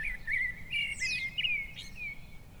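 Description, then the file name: Eurasian blackbird delivering a continuous mellow warbled phrase with fluty slurs and a sharp high descending squeak in the middle, low hum underneath. "Turdus merula"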